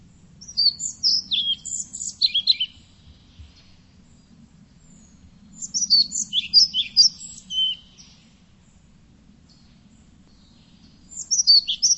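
Bird giving three bouts of rapid, thin, high chirps that dart up and down, with quiet gaps of several seconds between them and a soft low hum behind.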